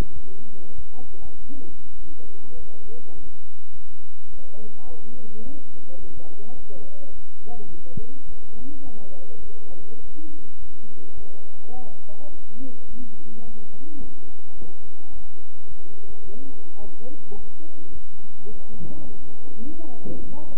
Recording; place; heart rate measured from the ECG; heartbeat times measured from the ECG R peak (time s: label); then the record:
heart sounds by stethoscope; between the tricuspid and mitral areas; 105 bpm
0.13 s: heartbeat
0.75 s: heartbeat
1.38 s: heartbeat
1.98 s: heartbeat
2.56 s: heartbeat
3.15 s: heartbeat
3.72 s: heartbeat
4.30 s: heartbeat
4.87 s: heartbeat
5.43 s: heartbeat
5.99 s: heartbeat
6.55 s: heartbeat
7.12 s: heartbeat
7.69 s: heartbeat
8.25 s: heartbeat
8.83 s: heartbeat
9.42 s: heartbeat
10.00 s: heartbeat
10.59 s: heartbeat
11.16 s: heartbeat
11.74 s: heartbeat
12.31 s: heartbeat
12.88 s: heartbeat
13.44 s: heartbeat
14.00 s: heartbeat
14.57 s: heartbeat
15.12 s: heartbeat
15.68 s: heartbeat
16.24 s: heartbeat
16.80 s: heartbeat
17.36 s: heartbeat
17.92 s: heartbeat
18.49 s: heartbeat
19.06 s: heartbeat
19.63 s: heartbeat
20.20 s: heartbeat
From the record:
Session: bicycle stress test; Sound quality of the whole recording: good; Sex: male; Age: 23 years